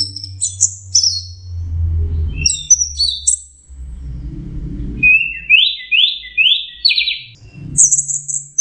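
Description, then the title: Orange-headed thrush song: high squeaky notes, then a series of rising buzzy slurs repeated about twice a second, ending on a thin high whistle; low rumbling noise in between. "Burung Anis Merah"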